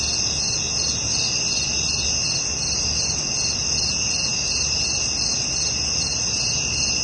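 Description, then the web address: Night insects in a dense, steady chorus, several high continuous bands layered together without a break. At night. "SFXSource AOS Night Insects"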